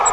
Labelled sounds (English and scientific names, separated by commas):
Grace's Warbler (Setophaga graciae) flight call